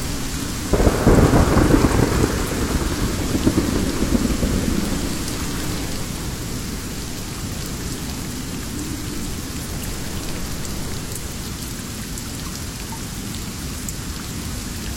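Steady rain patters densely in a jungle while a deep roll of thunder breaks in just before the first second, swelling loudest over the next few seconds and fading by about six. Afterward the rain carries on evenly, with a low rumble underneath.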